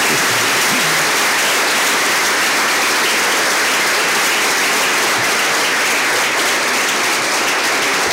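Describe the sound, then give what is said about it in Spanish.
A crowd at a Catholic formation course for university students breaks into strong, sustained applause for a woman doctor who has just arrived, dense clapping holding steady and loud for about eight seconds with no voices standing out. “Bueno, fuerte aplauso a la doctora”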